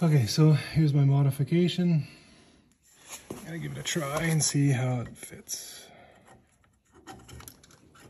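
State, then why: Not seated. Someone talks while handling a modified quick-release license plate holder at the truck's front bumper mount, and short faint handling taps are heard near the end. Nothing has seated or clicked yet; the clip ends just before the holder goes home in its mount.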